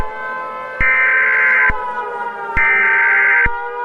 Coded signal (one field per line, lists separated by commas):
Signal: Emergency Alert System (SAME) tones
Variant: header bursts